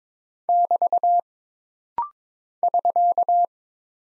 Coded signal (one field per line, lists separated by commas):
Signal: Morse code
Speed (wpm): 22 wpm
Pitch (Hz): 700 Hz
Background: none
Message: <BT> <SK>